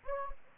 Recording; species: mosquito wingbeat signal from an infrared sensor; Anopheles gambiae